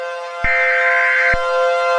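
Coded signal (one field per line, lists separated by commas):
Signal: Emergency Alert System (SAME) tones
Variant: header bursts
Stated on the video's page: Simulated EAS scenario, not a real alert.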